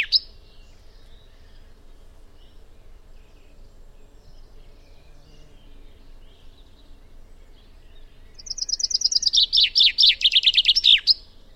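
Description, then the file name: Common chaffinch song arriving after a long quiet stretch: a rapid cascade of cheerful notes falling in pitch and finishing with a crisp twirl. "Fringilla coelebs"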